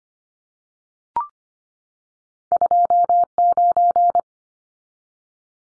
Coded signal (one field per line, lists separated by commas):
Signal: Morse code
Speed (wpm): 25 wpm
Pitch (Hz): 700 Hz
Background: none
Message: 29